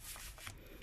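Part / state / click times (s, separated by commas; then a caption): decorative plastic panel into slotted stand / seated / 0.5 s. A rigid plastic tree piece from a diamond-painting Christmas decoration is pushed into its slotted plastic base structure, with a rubbing, sliding friction sound through the first half second. A sharp click at 0.5 s marks the tree piece seating, followed by quieter handling and a small tap near 0.8 s. The parts fit together very well, though they are not meant to be assembled and taken apart often.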